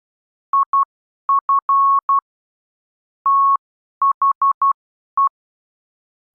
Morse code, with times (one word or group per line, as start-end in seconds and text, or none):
0.5-2.2 IF
3.3-5.3 THE